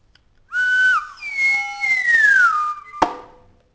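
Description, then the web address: Parrot whistles: a steady tone, then a long clear note sliding slowly downward, ending with a sharp click. "kiesow Papagei"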